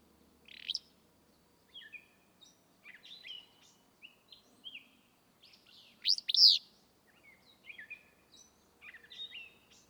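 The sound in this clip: Willow flycatcher song: two buzzy, burry phrases, set among varied softer chirps and whistles.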